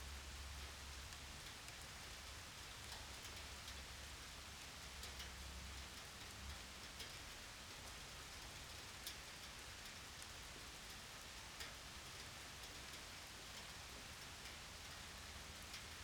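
Steady rain falls at home, a dense, even hiss filling the bright upper range with no letup. Scattered sharper drips tick through it every second or two. A low hum sits underneath, strongest in the first six seconds, with no thunder heard.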